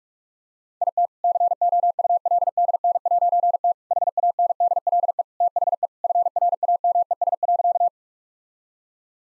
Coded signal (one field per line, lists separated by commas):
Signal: Morse code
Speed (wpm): 41 wpm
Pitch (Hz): 700 Hz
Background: none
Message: IT COULDN'T HANDLE THE FRAMES.